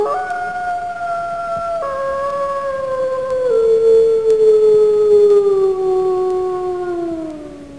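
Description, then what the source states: Wolf howling, a sustained drawn-out note with small steps that glides gradually downward and fades at the end. Recorded at night.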